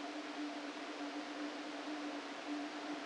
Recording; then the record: brain microelectrode recording played as sound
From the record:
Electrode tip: outside the subthalamic nucleus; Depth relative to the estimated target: 3 mm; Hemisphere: right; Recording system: NeuroSet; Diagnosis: Parkinson's disease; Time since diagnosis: 13 years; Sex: male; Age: 49 years